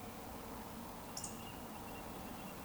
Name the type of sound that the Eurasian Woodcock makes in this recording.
whistle